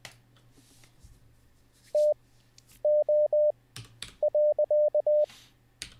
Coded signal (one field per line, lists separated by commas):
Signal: Morse code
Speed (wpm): 20 wpm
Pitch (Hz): 600 Hz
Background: none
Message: TO.